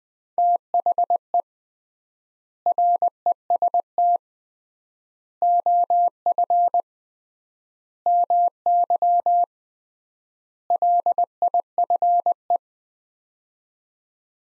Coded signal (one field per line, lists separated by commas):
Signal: Morse code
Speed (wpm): 20 wpm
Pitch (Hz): 700 Hz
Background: none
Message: THE REST OF MY LIFE